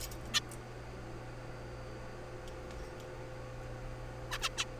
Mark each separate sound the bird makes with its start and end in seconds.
0.34-0.40, 4.31-4.38, 4.42-4.49, 4.58-4.64